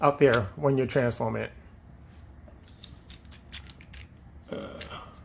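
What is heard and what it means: Someone talks, then handles a plastic robot toy during its transformation, pushing a panel or limb toward its locking tab, with a few small handling clicks and rattles. Nothing has seated or locked into place yet.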